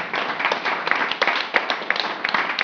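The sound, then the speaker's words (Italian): An audience breaks into applause, a steady crackle of many hands clapping together at an even, moderate loudness with scattered sharper claps standing out. “Allora, vabbè, facciamo un applauso, che è un modo di”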